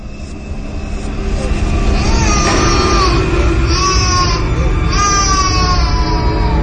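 A young child cries in rising, wavering wails that swell in volume after a quieter start, set against a steady low background drone.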